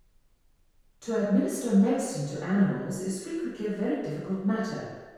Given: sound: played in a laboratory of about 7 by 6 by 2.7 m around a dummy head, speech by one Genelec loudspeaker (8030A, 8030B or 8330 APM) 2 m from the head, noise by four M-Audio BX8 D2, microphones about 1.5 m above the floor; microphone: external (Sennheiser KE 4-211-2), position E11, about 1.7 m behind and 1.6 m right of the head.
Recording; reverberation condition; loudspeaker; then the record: female speech in English; high; 120 degrees to the left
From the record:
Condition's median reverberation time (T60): about 1300 ms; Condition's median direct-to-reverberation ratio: about -4.0 dB